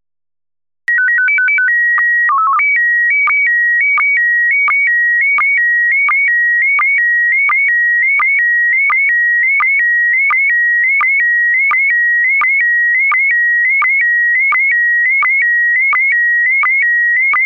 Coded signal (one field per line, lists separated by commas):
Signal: SSTV (slow-scan television)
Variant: PD 90